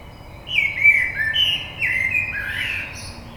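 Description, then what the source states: Common blackbird song, a sequence of leisurely flute-like whistles stepping down and back up, with faint high twittering notes above. Recorded 22 May 2022.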